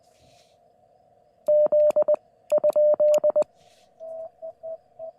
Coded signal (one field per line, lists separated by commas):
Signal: Morse code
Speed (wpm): 20 wpm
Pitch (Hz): 600 Hz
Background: none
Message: Z ?